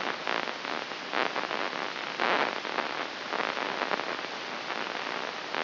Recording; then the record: brain microelectrode recording played as sound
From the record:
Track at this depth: inside the subthalamic nucleus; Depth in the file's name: 4.121 mm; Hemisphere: left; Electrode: 3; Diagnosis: Parkinson's disease